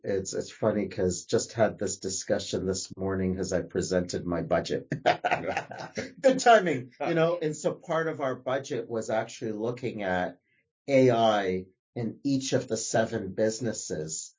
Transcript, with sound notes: It’s funny because just had this discussion this morning as I presented my budget. *laughs* Good timing, you know, and so part of our budget was actually looking at AI in each of the seven businesses.